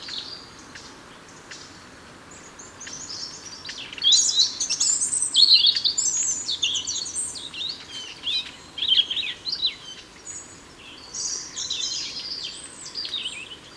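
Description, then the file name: European robin song: after a quiet start, high thin warbling phrases of varied whistles, trills and quick slurred notes follow one another over a steady soft background hiss. "Erithacus rubecula"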